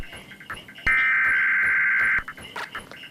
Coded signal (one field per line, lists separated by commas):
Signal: Emergency Alert System (SAME) tones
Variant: header bursts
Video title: eas test!! 01/04/16